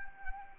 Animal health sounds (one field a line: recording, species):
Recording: mosquito wingbeat signal from an infrared sensor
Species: Anopheles arabiensis